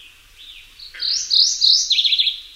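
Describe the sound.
Mourning warbler with a soft lead-in note, then loud rich slurred phrases and a final rapid string of five or six clipped, lower notes.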